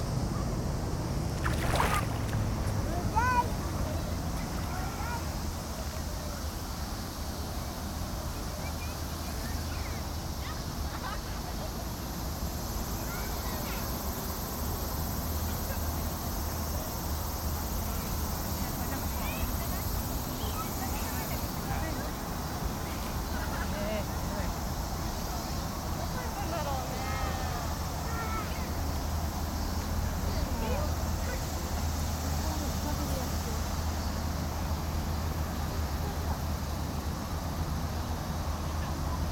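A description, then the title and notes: Field recording at Odaiba Kaihin Park, Tokyo: a steady low rumble of engines and boats under scattered voices and faint bird chirps throughout. Field-recorded at Odaiba Kaihin Park, Tokyo. There were many voices of children and family in this seaside.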